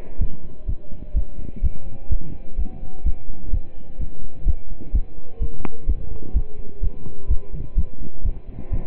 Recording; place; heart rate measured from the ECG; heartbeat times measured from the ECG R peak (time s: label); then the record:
heart sounds by stethoscope; between the tricuspid and mitral areas; 127 bpm
0.21 s: heartbeat
0.68 s: heartbeat
1.16 s: heartbeat
1.63 s: heartbeat
2.11 s: heartbeat
2.58 s: heartbeat
3.06 s: heartbeat
3.53 s: heartbeat
4.00 s: heartbeat
4.47 s: heartbeat
4.94 s: heartbeat
5.41 s: heartbeat
5.88 s: heartbeat
6.35 s: heartbeat
6.83 s: heartbeat
7.30 s: heartbeat
7.77 s: heartbeat
8.25 s: heartbeat
8.72 s: heartbeat
From the record:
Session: pedaling a stationary bicycle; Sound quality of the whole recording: partially saturated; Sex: male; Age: 27 years